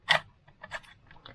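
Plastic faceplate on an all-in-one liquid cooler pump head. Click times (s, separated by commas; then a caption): 0.1 s. A plastic faceplate is pushed fully onto the water-pump base of an all-in-one liquid cooler's pump head and snaps into place with a sharp click at 0.1 s. Several fainter clicks and scrapes follow between about 0.5 and 1.3 s. The faceplate is seated.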